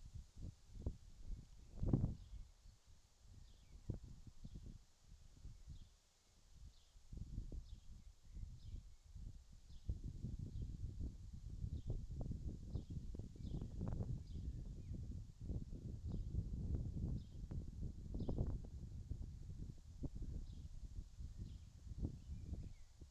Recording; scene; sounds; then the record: everyday scene through a hearing-aid microphone; wind on the microphone; wind, birds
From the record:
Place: in front of a rural house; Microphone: in the ear canal, left